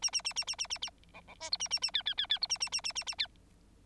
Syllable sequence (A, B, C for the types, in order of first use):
A A A A A A A A B B C D A A A E E E E D A A A A A A E